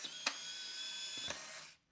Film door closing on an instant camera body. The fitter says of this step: wait till it snaps close it up